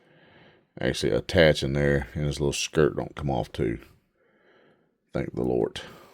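A detachable plastic skirt piece is handled against the torso of a Mafex action figure while someone talks. Faint handling noise is heard at the start and during a pause around 4.1–4.7 s. Nothing has seated or clicked yet.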